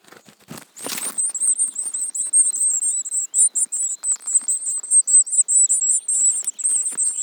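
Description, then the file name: Eurasian Blue Tit calls: a rapid series of very high, thin notes after a brief noisy burst near the start. "Cyanistes caeruleus"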